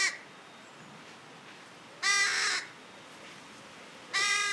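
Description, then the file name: Carrion crow calls: a clipped caw at the start, then two loud, grating caws about two seconds apart separated by near silence. "Corvus corone"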